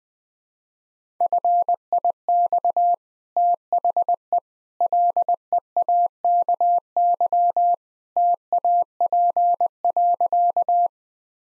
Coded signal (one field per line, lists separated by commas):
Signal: Morse code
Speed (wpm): 21 wpm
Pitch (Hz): 700 Hz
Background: none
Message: FIX THE LEAKY TAP.